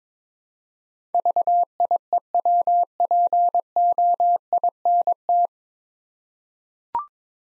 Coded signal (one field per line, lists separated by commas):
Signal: Morse code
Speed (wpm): 21 wpm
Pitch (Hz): 700 Hz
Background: none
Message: VIEWPOINT